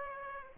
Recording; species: mosquito wingbeat signal from an infrared sensor; Aedes aegypti